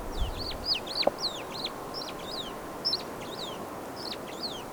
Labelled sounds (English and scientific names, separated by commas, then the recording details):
Superb Starling (Lamprotornis superbus) flight call
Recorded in Kenya on 23 April 2009 at 07:55
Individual 79, of group SRB1